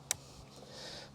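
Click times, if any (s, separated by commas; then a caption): 0.1 s. A black power cable plug on an Audi e-tron eFoil is pushed into its socket on the battery. It gives a single sharp click at 0.1 s, followed by low, quiet background noise. The plug is seated.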